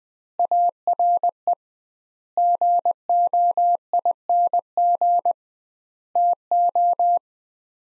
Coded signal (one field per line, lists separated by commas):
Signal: Morse code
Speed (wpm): 21 wpm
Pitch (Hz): 700 Hz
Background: none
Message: ARE GOING TO